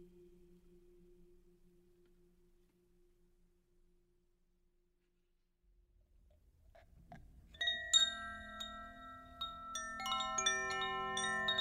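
Meditation with singing bowls: a faint low hum rings for the first few seconds, then fades into near silence. After a soft low rumble and a few light taps, bright bowls and chimes are struck from about eight seconds, their layered tones sustaining and overlapping.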